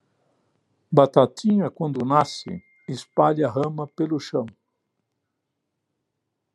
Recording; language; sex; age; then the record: short text; Brazilian Portuguese; male; 80 to 89 years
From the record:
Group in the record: control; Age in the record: 80 years